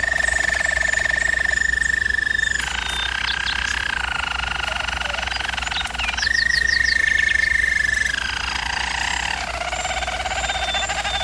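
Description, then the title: German Roller canary: smooth rolling tours that alternate between a higher steady roll and lower, softer rolls, almost without a break. Singing used for canary training. "German Roller Canary Singing - Canary Training Vid"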